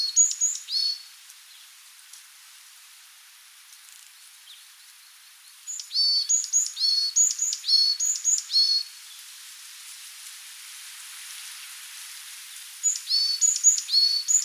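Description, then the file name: Varied tit giving thin high repeated double notes in three separate bursts, with long quiet gaps and a steady high hiss between them. "Parus varius"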